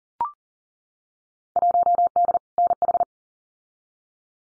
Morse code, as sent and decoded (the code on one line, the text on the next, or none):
.---- -.. / -. ....
1D NH